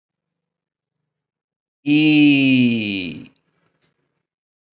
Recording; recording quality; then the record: sustained vowel as in beet; excellent, no background noise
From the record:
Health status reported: healthy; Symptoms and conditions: none ticked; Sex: male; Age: 54 years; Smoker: not ticked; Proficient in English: yes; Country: India